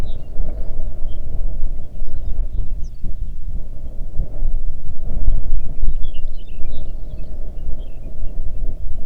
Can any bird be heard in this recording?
yes